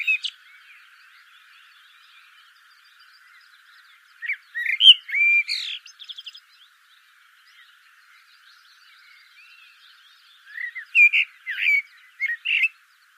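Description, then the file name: Eurasian blackbird singing two phrases of mellow, fluted whistles and twittering notes, with a long quiet gap between them. "Turdus merula"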